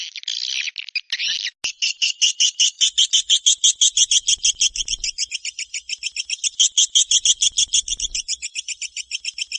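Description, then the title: Swiftlet chirping calls: a rapid, even series of bright twittering notes after a brief scratchy burst at the start. "Suara Burung Wallet"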